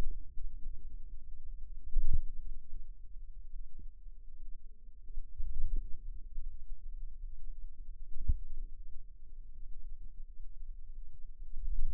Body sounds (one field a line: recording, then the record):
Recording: forearm muscle sounds (acoustic myography)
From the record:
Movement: radial deviation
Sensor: system 2, bracelet of six BSWA MPA416 microphones around the upper forearm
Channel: 6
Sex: female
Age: 23 years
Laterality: right